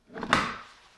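An EV charging plug is pushed into the charge port inlet of a DIY electric-converted 1998 Dodge Neon, with a couple of soft knocks at about 0.2 s. A sharp, bright latch click comes at 0.3 s and rings out briefly. The connector is seated and latched in the inlet.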